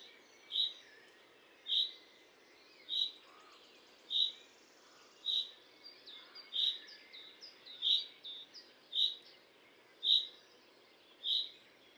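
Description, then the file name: Common chaffinch repeating a crisp, metallic single-note call a little over a second apart, ten times, with some softer notes in between. "Fringilla coelebs"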